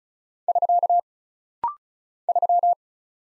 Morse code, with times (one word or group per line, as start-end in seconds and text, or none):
0.5-1.0 <SK>
2.3-2.7 3